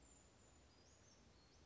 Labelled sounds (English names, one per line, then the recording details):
Brown Creeper
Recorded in Sonoma County, California